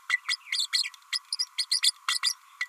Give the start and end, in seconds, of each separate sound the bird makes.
0.09-0.17, 0.28-0.36, 0.52-0.67, 0.72-0.83, 1.12-1.18, 1.39-1.47, 1.58-1.65, 1.82-1.92, 2.08-2.18, 2.23-2.35